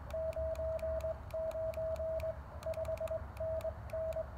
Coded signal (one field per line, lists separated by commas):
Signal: Morse code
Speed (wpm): 21 wpm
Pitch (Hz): 640 Hz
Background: radio noise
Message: 99 5NN